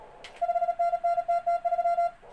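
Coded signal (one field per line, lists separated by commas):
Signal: Morse code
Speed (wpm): 37 wpm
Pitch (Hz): 690 Hz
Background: none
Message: 5NN TT3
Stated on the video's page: Simulated contest Morse generated by Morse Runner at around 35 wpm for receiving practice.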